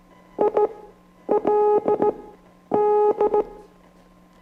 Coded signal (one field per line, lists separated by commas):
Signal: Morse code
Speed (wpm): 16 wpm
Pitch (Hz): 420 Hz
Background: none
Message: I L D